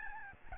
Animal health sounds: mosquito wingbeat signal from an infrared sensor; Aedes albopictus

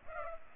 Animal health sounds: mosquito wingbeat signal from an infrared sensor; Culex pipiens

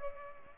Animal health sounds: mosquito wingbeat signal from an infrared sensor; Culex pipiens

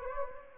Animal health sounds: mosquito wingbeat signal from an infrared sensor; Anopheles gambiae

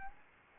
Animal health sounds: mosquito wingbeat signal from an infrared sensor; Anopheles arabiensis

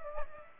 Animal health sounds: mosquito wingbeat signal from an infrared sensor; Aedes aegypti

